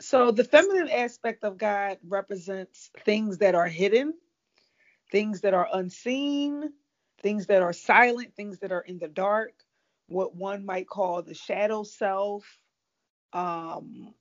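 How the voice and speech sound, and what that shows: A woman speaks fluently in a clear, steady voice with natural pauses; ordinary adult speech.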